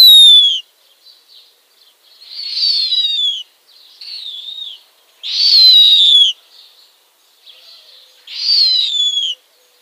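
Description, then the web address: Snowy owl chicks giving high, hoarse, down-slurred screeching calls, several loud ones with softer, shorter calls between. Downy young. "Schulze Peter Snowy Owl downy Young"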